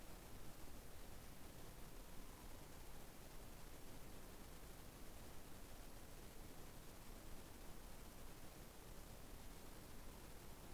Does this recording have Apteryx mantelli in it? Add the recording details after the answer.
no. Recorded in New Zealand on 21 November 2014. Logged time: 02:28. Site CL78